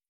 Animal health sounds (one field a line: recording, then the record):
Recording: hydrophone in a shrimp aquaculture tank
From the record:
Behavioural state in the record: feeding